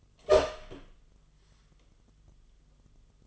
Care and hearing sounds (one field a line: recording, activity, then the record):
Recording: daily activity, microphone in the room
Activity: open door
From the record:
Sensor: 4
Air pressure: 1005.8 hPa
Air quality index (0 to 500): 90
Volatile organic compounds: 2 ppm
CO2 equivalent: 1118 ppm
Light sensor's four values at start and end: 13/30/12/11 and 13/29/11/11